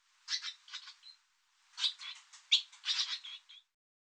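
Barn swallow twittering, two bursts of scratchy, buzzy chirps and short notes separated by a brief pause, with no other sounds.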